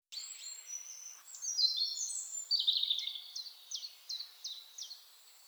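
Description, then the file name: European robin singing a thin high sweeping phrase that breaks into twittering, then ends with evenly spaced short high notes. "Erithacus rubecula"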